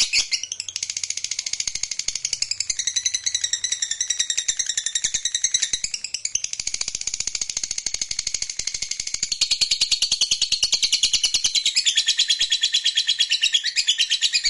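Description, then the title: Lovebird chattering song, a long unbroken rapid buzzy trill of high squeaky notes that shifts pitch now and then and runs through the whole stretch. Played to stimulate a lazy lovebird that is reluctant to sing into spontaneous, eager singing. "LOVEBIRD Malas Bunyi JADI GREGET SPONTAN Langsung NARIK"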